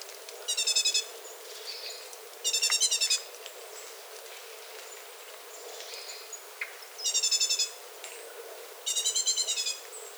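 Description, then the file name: Great tit chattering: four buzzy, rapidly pulsed rattles, each under a second, repeated at irregular intervals over a soft hissy background. "Parus major"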